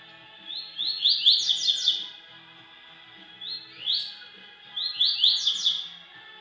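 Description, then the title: Double-collared seedeater song: quick series of bright, rising chirped notes in two phrases separated by a brief single note. "Canto Coleiro"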